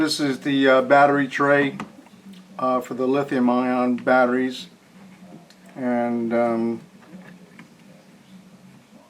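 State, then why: Not seated. Someone talks while handling a lithium-ion camera battery and the plastic battery tray of a Canon BG-E16 battery grip, with a few faint handling ticks between phrases. The battery is not yet pushed into the tray, and nothing has seated or clicked yet.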